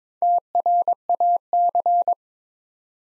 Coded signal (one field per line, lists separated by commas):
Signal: Morse code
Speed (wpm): 23 wpm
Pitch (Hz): 700 Hz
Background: none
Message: TRAC